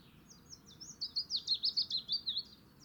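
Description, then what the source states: Willow warbler singing a sweet, high phrase of soft whistled notes that slide gently downward in pitch. Adult singing.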